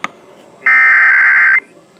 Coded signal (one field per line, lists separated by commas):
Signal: Emergency Alert System (SAME) tones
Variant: header bursts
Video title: Shasta's RMT (EAS #3468-3484)